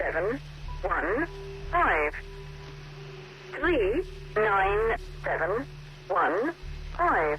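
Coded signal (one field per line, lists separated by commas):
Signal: numbers station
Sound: voice reading single digits at even intervals, about 8 words, over low hum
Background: radio hum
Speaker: not music, just endless sequences of numbers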